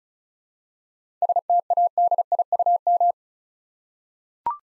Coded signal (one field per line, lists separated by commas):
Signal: Morse code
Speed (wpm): 35 wpm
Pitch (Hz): 700 Hz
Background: none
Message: STADIUM